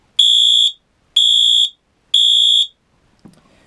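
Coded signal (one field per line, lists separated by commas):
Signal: alarm pattern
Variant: Temporal-3 (Code 3) horn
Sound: three loud buzzy horn blasts, half a second each, then a pause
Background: small click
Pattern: temporal three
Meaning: Temporal-three pattern signals fire, evacuate the building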